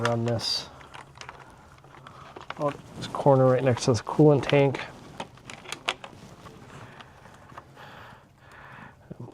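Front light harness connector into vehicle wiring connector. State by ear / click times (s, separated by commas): seated / 5.9 s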